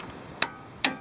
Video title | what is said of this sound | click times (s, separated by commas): How to Change Tie Rods | Just like that. When it clicks once, you do it again. | 0.4 s, 0.9 s